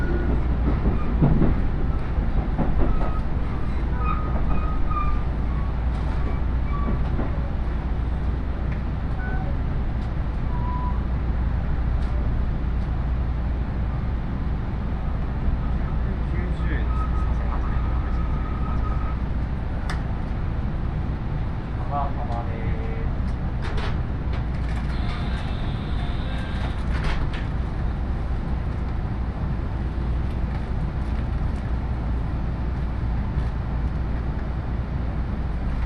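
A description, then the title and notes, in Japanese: Aboard a local train, a steady low rumble fills the carriage throughout, with faint voices, brief squeals, and clicks around the middle. 鉄道旅 飯田線 辰野→伊那市。やってきたのは313系の2両編成。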